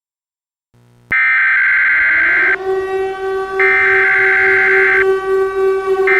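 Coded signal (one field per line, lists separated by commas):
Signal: Emergency Alert System (SAME) tones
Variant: header bursts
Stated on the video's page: EAS tones from a fictional full scenario, not a real alert.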